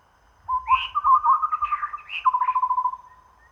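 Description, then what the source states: Chestnut-rumped babbler call: high slurred notes over a low rapid series of hollow notes that breaks off, then restarts as an even, fading series. Recorded at Danum on 1 April 2006.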